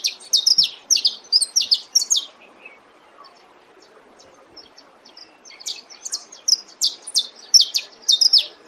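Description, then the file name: Saffron finch song of bright, high chirps delivered in rapid clusters, a quiet gap of a few seconds, then another energetic run of sharp notes. "canario da terra"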